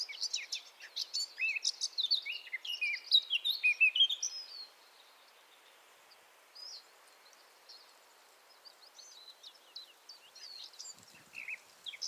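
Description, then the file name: Eurasian blackcap song, with a dense scratchy-and-fluty warble for several seconds, then quieter scattered notes over soft background hiss. "Sylvia atricapilla"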